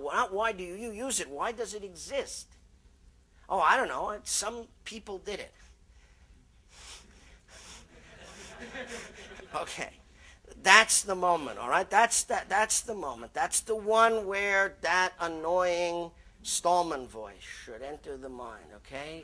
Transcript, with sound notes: Not why do you use it, why does it exist?” “Oh I dunno. Some people did it.” [laughter] Okay, that’s the moment, all right, that’s the moment, that’s the one where that annoying Stallman voice should enter the mind, okay.